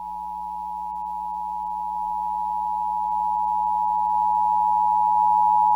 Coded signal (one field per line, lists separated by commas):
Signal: Emergency Alert System (SAME) tones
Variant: 853 and 960 Hz attention tone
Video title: EAS Child Abduction Emergency (AMBER Alert) Anchorage, Alaska Regional Alert